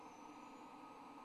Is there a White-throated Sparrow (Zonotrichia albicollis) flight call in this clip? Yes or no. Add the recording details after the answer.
no. No flight call is heard. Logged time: 11:16 on 25 November 2014